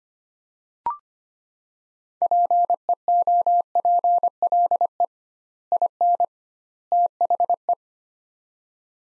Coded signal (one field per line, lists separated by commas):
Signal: Morse code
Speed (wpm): 25 wpm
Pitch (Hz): 700 Hz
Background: none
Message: PEOPLE IN THE